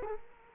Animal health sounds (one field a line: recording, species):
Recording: mosquito wingbeat signal from an infrared sensor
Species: Culex quinquefasciatus